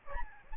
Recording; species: mosquito wingbeat signal from an infrared sensor; Aedes albopictus